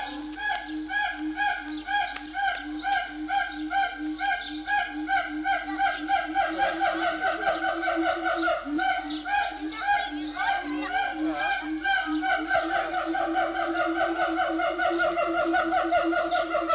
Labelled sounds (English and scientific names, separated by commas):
Siamang (Symphalangus syndactylus)